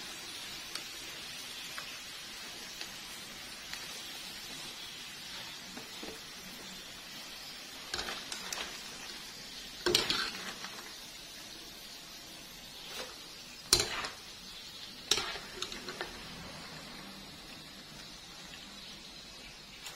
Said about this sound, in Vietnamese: Mình đã chiên xong rồi nè các bạn.